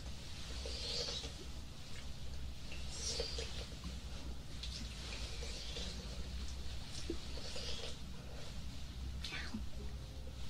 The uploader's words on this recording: ASMR Ear cleaning & Ear massage.